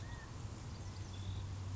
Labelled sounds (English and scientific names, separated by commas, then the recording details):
California Quail (Callipepla californica)
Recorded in Sonoma County, California